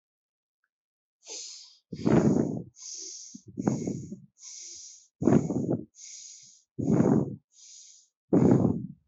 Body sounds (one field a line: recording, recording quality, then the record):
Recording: deep breathing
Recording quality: excellent, no background noise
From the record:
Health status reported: healthy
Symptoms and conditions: none ticked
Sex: male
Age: 25 years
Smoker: not ticked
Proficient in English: yes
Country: India